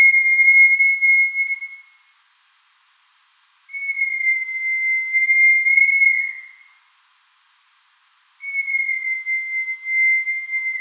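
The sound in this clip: Rat calls as three long, level whistled tones, each about two to three seconds long, separated by short silent gaps.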